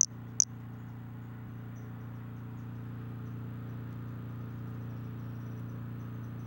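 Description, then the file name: White-lined pumpkin toadlet calls: two very high, short chirped notes right at the start, close together, then only a steady low hum. Individual 13; unvouchered specimen. "Brachycephalus albolineatus individual 13"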